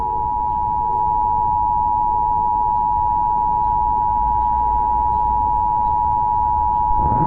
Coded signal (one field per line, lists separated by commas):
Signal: Emergency Alert System (SAME) tones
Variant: 853 and 960 Hz attention tone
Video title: An Abundance of Cutie Marks 2: The Return (EAS Scenario)